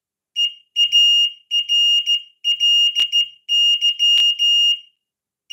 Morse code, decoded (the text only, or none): EARLY